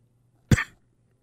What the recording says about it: I sound like Squidward, and I've been coughing a lot. I couldn't get back to it in time before my coughing took over.